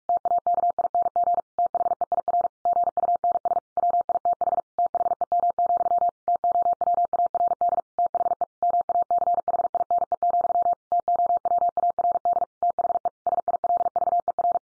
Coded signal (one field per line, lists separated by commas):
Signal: Morse code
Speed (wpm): 44 wpm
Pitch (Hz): 700 Hz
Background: none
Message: TAKING THEIR GUNS WITH THEM, TOWARD THE MACHINE, TOWARD THE SILVER